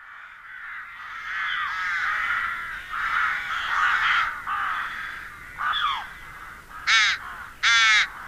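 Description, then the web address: Rook giving a raspy run of overlapping caws, ending with two loud, harsh caws. "agykontroll Madardalok Cd 2. Vetési varjú"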